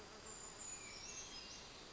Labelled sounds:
Brown Creeper (Certhia americana)
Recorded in Sonoma County, California

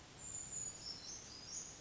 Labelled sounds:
Brown Creeper (Certhia americana)
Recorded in Sonoma County, California

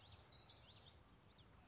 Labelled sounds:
Common Yellowthroat (Geothlypis trichas)
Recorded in Sonoma County, California

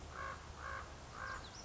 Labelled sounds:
Common Raven (Corvus corax)
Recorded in Sonoma County, California

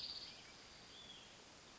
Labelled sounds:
Hutton's Vireo (Vireo huttoni)
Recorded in Sonoma County, California

